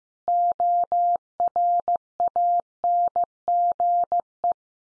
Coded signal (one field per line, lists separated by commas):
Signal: Morse code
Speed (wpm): 15 wpm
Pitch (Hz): 700 Hz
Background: none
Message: ORANGE